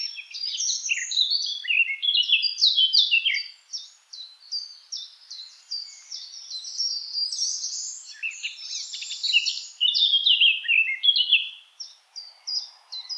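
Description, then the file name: Eurasian blackcap delivering long bursts of rapid, varied warbling, chattering and squeaky notes, broken by a few short pauses. "Sylvia atricapilla"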